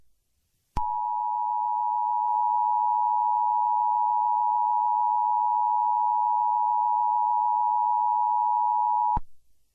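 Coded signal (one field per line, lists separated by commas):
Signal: Emergency Alert System (SAME) tones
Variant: 853 and 960 Hz attention tone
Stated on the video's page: Fictional EAS scenario or mock, not a real alert.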